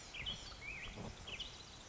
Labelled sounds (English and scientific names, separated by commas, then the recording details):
Black-headed Grosbeak (Pheucticus melanocephalus)
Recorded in Sonoma County, California